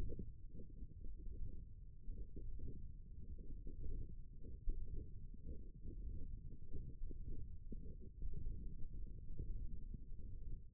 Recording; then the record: forearm muscle sounds (acoustic myography)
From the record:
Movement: ulnar deviation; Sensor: system 1, eight BSWA MPA416 microphones around the upper forearm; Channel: 4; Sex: male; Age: 18 years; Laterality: right